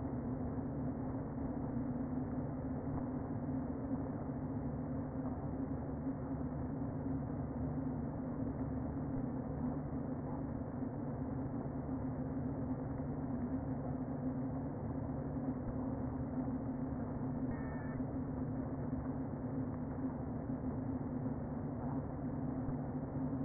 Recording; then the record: honeybee colony, microphone inside the hive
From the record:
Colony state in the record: queen present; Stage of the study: before two queens were removed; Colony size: about 60,000 bees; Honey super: yes